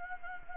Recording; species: mosquito wingbeat signal from an infrared sensor; Anopheles gambiae